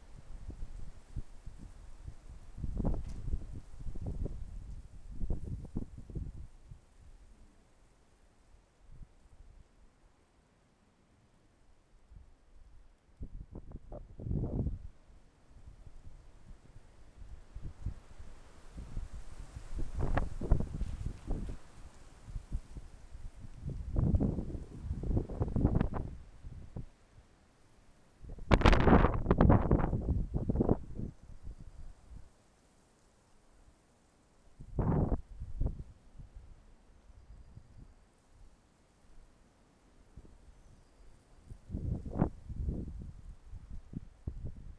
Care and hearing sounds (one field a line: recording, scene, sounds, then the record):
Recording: everyday scene through a hearing-aid microphone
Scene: wind on the microphone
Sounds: wind, traffic, birds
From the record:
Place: suburban garden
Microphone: behind the ear, left, front